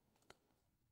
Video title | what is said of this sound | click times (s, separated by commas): be quiet! Dark Base Pro 901 Build - Step by Step Guide | okay so that's our Drive locked into place and it's been held nicely without any tools | 0.3 s